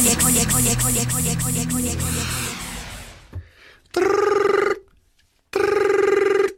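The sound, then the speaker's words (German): A telephone rings as a call comes in to a radio studio during a live broadcast: a rapid metallic bell trill for about three seconds, then two long, loud buzzing ring tones separated by silence. “Wen haben wir denn in der Telefonleitung?”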